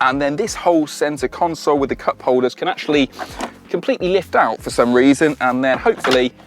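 Someone talks while handling the lift-out center console with cup holders from a VW ID Buzz, which is being refitted into its mounting in the cabin floor of the van. Nothing has seated or clicked yet; the console is not yet home when the clip ends.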